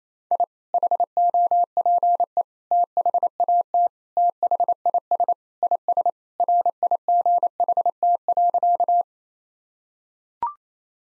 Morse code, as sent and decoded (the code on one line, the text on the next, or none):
.. / .... --- .--. . / - .... .- - / - .... .. ... / .. ... / .-. .. --. .... - .-.-.-
I HOPE THAT THIS IS RIGHT.